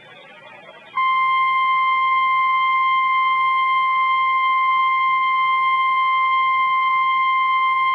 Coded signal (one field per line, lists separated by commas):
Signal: Emergency Alert System (SAME) tones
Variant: 1050 Hz attention tone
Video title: REAL EAS 916-Severe thunderstorm watch